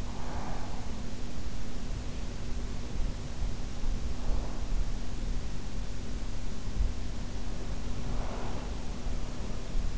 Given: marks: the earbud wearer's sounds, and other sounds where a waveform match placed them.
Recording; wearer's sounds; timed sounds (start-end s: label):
sounds in sleep by an in-ear microphone; breath
0.00-0.96 s: breath
7.94-8.94 s: breath